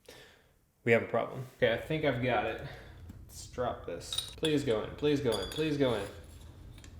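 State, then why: Seated. A metal cartridge emulator with its spring is dropped down inside a motorcycle fork tube while someone talks. Two short metallic hits at 6.8 s and 6.8 s mark it settling into its seat. It must be seated correctly or the washer and long spacer placed on top won't go all the way down.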